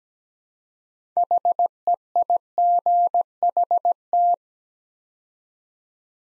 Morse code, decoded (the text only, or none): HEIGHT